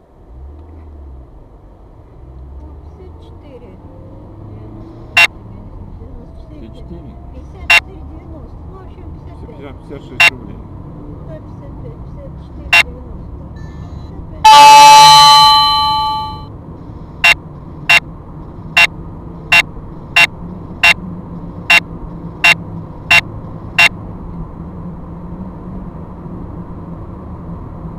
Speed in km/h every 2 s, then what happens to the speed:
1, 9, 20, 26, 31, 38, 39, 43, 47, 51, 54, 58, 60, 61.
0-23 pulls away to 60.